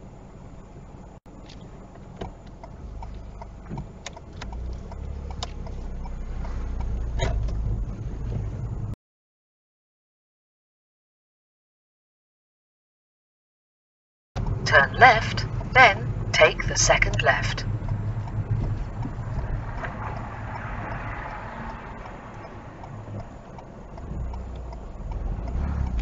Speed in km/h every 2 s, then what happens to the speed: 0, 0, 0, 8, 13, 16, 16, 15, 10, 5, 2, 0, 5.
0-4 standing. 4-10 pulls away to 16. 10-19 slows to 2. 19-23 standing.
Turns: none.